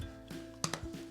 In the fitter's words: and I hear a little pop. And then we know we closed it all the way.